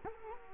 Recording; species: mosquito wingbeat signal from an infrared sensor; Culex quinquefasciatus